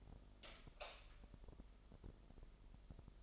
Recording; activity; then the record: daily activity, microphone in the room; light on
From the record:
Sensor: 5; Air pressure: 995.4 hPa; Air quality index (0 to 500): 93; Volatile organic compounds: 5 ppm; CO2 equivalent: 1765 ppm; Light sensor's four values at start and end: 35/81/33/33 and 36/87/35/35